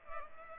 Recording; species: mosquito wingbeat signal from an infrared sensor; Culex pipiens